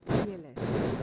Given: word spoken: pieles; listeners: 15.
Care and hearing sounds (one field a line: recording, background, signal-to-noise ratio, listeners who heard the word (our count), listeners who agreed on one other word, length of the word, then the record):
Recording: one Spanish word in noise, from a listening test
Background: noise modulated by one talker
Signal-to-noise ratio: -10.0 dB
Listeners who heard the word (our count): 4 of 15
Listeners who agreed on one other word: 10 of 15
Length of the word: 0.63 s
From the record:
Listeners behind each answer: 10, 4, 1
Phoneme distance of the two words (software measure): 10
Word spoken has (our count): 2 syllables, 6 phonemes, stress on syllable 1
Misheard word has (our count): 2 syllables, 6 phonemes, stress on syllable 1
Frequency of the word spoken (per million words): 7.19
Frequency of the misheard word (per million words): 17.63